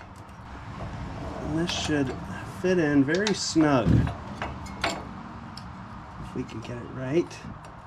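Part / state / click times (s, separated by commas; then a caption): small engine valve component into cylinder head / not seated / none. Someone talks while handling a snug-fitting metal valve component, working it toward its place on the cylinder head of a 12.5 hp Tecumseh OHV engine during reassembly. Short metallic handling taps are heard around 4.4, 4.8 and 5.6 seconds. Nothing has seated or clicked yet.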